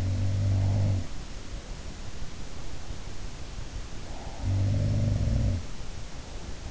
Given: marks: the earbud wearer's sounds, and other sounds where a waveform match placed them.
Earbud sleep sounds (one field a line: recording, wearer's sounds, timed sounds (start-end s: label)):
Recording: sounds in sleep by an in-ear microphone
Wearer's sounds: breath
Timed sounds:
0.00-1.30 s: sound from someone else or the room
3.60-4.97 s: breath
4.23-5.86 s: sound from someone else or the room